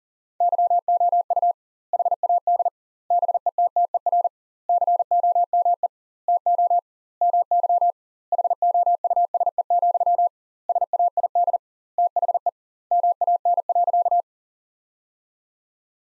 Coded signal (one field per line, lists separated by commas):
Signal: Morse code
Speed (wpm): 40 wpm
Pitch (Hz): 700 Hz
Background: none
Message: YOU HAD BETTER COME TO MY HOUSE, SAID THE MAN.